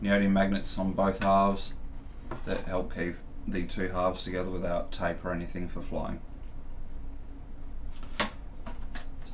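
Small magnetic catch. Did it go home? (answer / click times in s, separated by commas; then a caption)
yes / 8.2 s. Two halves of a foam FPV flying wing are pushed together, one wing half into the other, and held by magnets embedded in both halves instead of tape. Someone talks for most of the clip, then a sharp magnetic click lands at 8.2 s as the halves seat together, followed by a fainter tap at 8.7 s.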